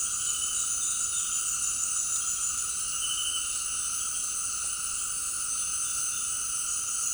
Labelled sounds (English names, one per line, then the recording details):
none
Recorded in secondary vegetation near Puerto Asís, Putumayo, Colombia, on 19 February 2024 at 18:30
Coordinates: 0.468, -76.324
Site G6381